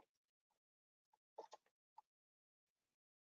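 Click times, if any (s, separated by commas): none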